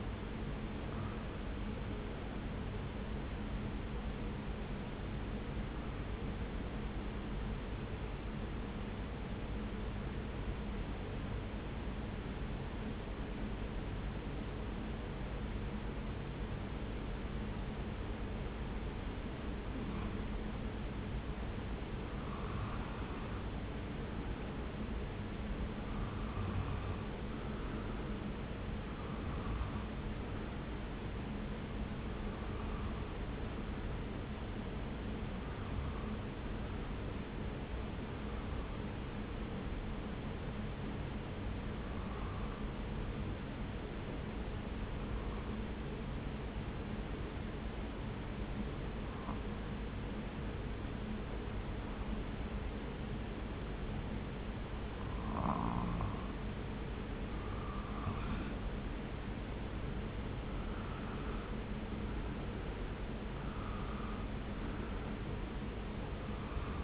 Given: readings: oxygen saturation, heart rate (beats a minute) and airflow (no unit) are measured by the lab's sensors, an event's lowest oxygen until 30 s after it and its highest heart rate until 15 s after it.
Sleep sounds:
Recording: breathing in sleep by a voice recorder at the bedside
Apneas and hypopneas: 2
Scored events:
9.00-23.50 s: hypopnea (N1, oxygen 97% highest, then 91% lowest)
27.00-57.00 s: new sleep stage, N2 (light sleep)
43.00-57.80 s: hypopnea (N2, oxygen 95% highest, then 91% lowest)
57.00-66.84 s: new sleep stage, N1 (lightest sleep)
From the record:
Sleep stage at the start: N1 (lightest sleep)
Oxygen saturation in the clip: 87 to 97%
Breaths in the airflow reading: 24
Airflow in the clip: -1.3 to 1.9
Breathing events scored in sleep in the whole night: 335 in 6.7 hours asleep

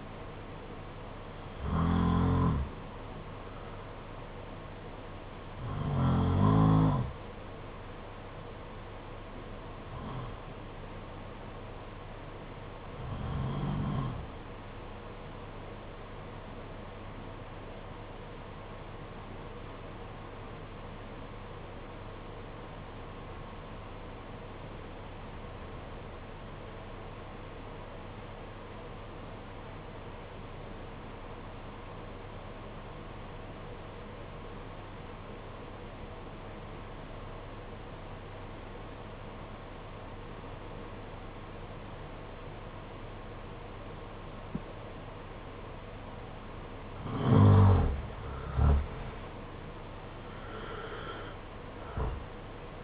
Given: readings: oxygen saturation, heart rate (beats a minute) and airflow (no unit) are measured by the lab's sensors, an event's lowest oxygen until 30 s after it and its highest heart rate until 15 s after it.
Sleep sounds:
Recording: breathing in sleep by a voice recorder at the bedside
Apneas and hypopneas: 1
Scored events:
19.00-48.50 s: obstructive apnea (N1, oxygen 95% highest, then 81% lowest, heart rate 51 at the start, 67 highest)
From the record:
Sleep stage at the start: N1 (lightest sleep)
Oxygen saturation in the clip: 86 to 95%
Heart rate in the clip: 48 to 60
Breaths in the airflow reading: 7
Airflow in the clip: -8.8 to 15.6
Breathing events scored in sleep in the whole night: 476 in 9.7 hours asleep

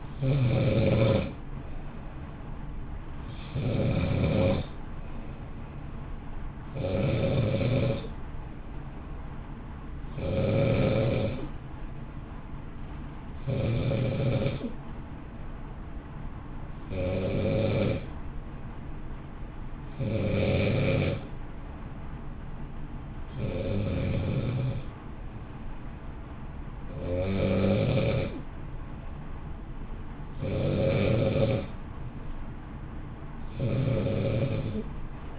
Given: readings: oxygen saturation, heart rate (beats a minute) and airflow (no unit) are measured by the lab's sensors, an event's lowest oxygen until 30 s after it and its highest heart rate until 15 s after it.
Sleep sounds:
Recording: breathing in sleep by a smartphone at the bedside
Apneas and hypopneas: none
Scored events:
11.00-35.39 s: new sleep stage, N2 (light sleep)
From the record:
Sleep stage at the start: N1 (lightest sleep)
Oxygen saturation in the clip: 90 to 94%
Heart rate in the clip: 55 to 59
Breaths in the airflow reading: 19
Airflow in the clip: -0.8 to 0.6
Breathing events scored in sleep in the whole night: 328 in 6.3 hours asleep

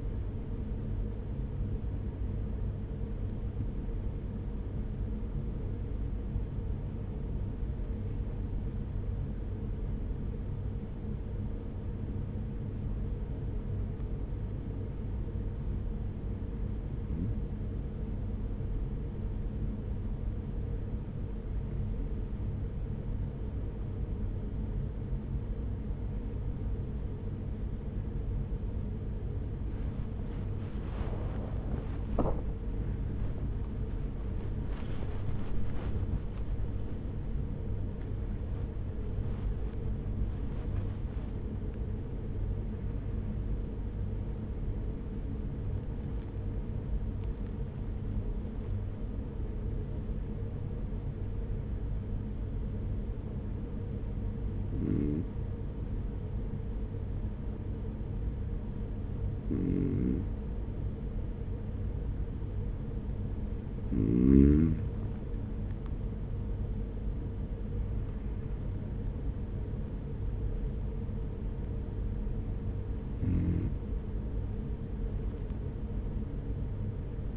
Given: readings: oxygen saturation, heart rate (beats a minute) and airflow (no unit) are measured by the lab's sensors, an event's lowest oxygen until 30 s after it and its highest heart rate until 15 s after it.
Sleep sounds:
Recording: breathing in sleep by a smartphone at the bedside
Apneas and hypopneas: 2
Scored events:
5.00-77.37 s: new sleep stage, N1 (lightest sleep)
9.00-33.20 s: hypopnea (N1, oxygen 95% highest, then 94% lowest, heart rate 46 at the start, 73 highest)
47.00-68.10 s: hypopnea (N1, oxygen 96% highest, then 93% lowest, heart rate 71 at the start, 71 highest)
From the record:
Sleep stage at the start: N2 (light sleep)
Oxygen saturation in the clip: 94 to 96%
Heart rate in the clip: 44 to 73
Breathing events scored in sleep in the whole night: 210 in 6.9 hours asleep

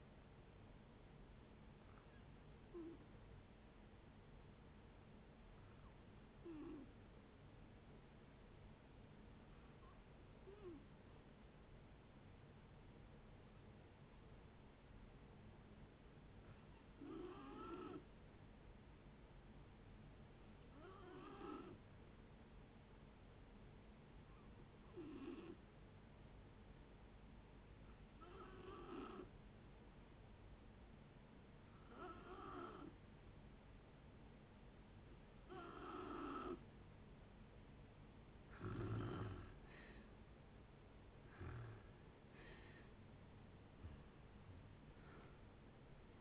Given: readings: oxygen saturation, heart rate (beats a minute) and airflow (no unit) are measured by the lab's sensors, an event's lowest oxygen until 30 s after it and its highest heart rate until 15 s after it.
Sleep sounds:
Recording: breathing in sleep by a voice recorder at the bedside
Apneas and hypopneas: 1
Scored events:
14.00-39.90 s: hypopnea (N2, oxygen 94% highest, then 86% lowest, heart rate 56 at the start, 66 highest)
41.00-46.21 s: new sleep stage, awake
42.00-46.21 s: awake
From the record:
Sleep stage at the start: N2 (light sleep)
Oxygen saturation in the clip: 87 to 94%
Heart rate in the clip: 56 to 72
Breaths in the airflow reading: 13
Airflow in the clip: -7.8 to 10.2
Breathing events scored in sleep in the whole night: 496 in 5.4 hours asleep

